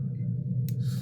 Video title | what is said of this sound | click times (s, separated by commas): Build Robocop Issue 4 | it in there and then it pops right into place once that's completed | 0.7 s